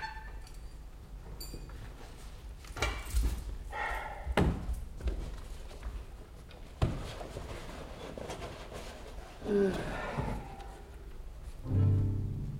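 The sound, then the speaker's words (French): A door that no longer works is tried and slammed: a handle that will not turn either way rattles and clicks amid scattered knocks, with several heavy wooden thuds at irregular intervals and a final louder bang near the end. “La porte ne fonctionne plus, ne tourne plus ni dans le sens des aiguilles d'une montre, ni dans l'autre.”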